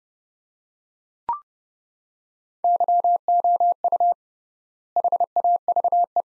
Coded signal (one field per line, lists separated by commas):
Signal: Morse code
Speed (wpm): 30 wpm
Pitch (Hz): 700 Hz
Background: none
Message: YOU HAVE